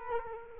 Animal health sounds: mosquito wingbeat signal from an infrared sensor; Culex quinquefasciatus

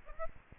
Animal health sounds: mosquito wingbeat signal from an infrared sensor; Aedes aegypti

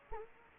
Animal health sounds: mosquito wingbeat signal from an infrared sensor; Anopheles gambiae

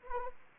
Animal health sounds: mosquito wingbeat signal from an infrared sensor; Anopheles arabiensis

